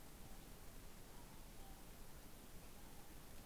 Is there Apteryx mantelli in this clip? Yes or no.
no